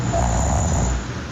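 A woman snores while asleep: a loud, low, buzzing snore rumbles steadily through one breath, fading slightly at the end.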